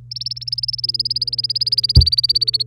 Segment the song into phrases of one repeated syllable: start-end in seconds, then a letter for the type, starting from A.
0.11-2.63 A